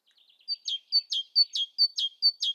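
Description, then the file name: Great tit delivering its see-saw song, a high clear note dropping to a lower emphatic one, repeated about five times briskly after some soft opening twitters. "Parus major"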